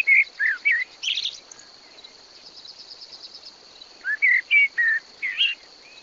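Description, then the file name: Common blackbird singing mellow fluted phrases, a run at the start and another near the end with a brief high twitter between, a constant cricket-like trill underneath. "Turdus merula"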